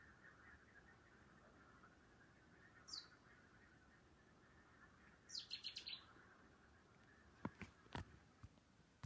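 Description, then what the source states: Bird gives a brief, sharp falling note, then a quick run of high chirps, followed by a few sharp clicks against a low, steady background hiss. Bird calling at night.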